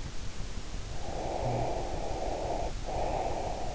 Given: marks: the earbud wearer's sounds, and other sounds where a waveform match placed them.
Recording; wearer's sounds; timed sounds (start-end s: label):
sounds in sleep by an in-ear microphone; breath
1.16-3.69 s: breath